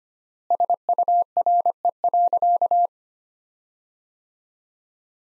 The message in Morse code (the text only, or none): SURE.